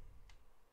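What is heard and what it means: The deck of a clone Reload S RTA rebuildable vape tank is pressed back into its plastic airflow sleeve, with a low background rumble. One short, sharp click sounds at 0.3 s as the deck clips properly into place.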